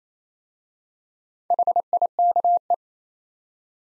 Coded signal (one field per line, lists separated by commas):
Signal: Morse code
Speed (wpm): 28 wpm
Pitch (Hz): 700 Hz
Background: none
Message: HIKE